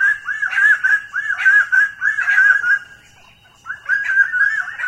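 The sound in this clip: Common quail giving loud, rhythmic three-syllable calls in quick series, a short pause near three and a half seconds, then the calling resumes.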